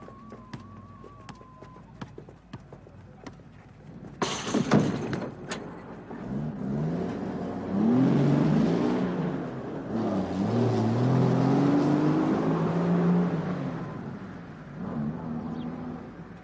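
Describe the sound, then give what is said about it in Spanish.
A short burst of pneumatic hiss as bus doors work, followed by a heavy engine that revs up and rumbles steadily as the bus pulls away, with a faint tone at the start. “El autobús está esperando. Todos los pacientes sin restricción, por favor, aborden el autobús.”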